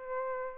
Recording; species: mosquito wingbeat signal from an infrared sensor; Aedes albopictus